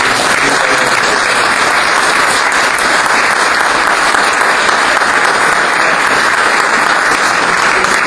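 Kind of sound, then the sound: crowd, audience applause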